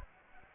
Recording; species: mosquito wingbeat signal from an infrared sensor; Anopheles arabiensis